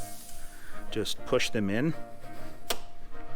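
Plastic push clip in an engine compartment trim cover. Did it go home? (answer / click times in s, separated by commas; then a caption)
released / 2.7 s. Someone talks while pressing in the center pin of a plastic push clip that holds an engine-compartment trim cover on a 2018 Lexus LC500 during front bumper removal. A sharp click at 2.7 s shows the clip has released, so the cover can be removed.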